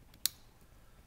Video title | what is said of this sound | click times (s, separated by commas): Rivet Gun Maintenance | turn it to a hear a loud audible click there you go tools locked into place | 0.3 s